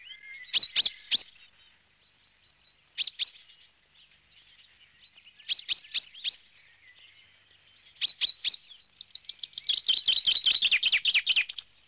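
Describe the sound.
Finch song in short bursts of sharp high chirps every few seconds, ending in a fast trill.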